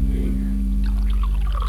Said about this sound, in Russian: Давайте я наливаю.